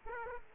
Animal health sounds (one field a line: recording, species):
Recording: mosquito wingbeat signal from an infrared sensor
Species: Aedes aegypti